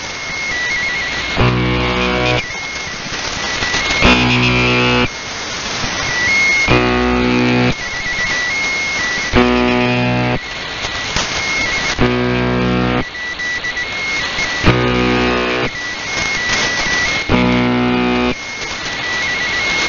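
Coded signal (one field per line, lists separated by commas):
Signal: channel marker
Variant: UVB-76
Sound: harsh one-second buzzes repeating about every two seconds, thin steady whistles between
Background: radio static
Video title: UVB 76-thebuzzer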